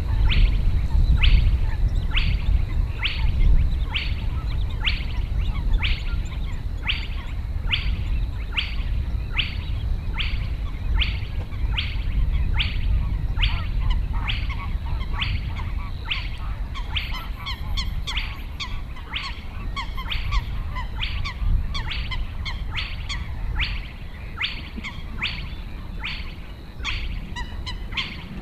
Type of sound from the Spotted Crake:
song